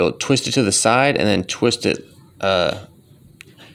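Someone talks while a headlight bulb is inserted into the plastic headlight housing socket of a 2014 Kia Optima and twisted toward the engine to lock it. A short, sharp click is heard at 3.4 s as the bulb twists and locks into the housing, seated in place.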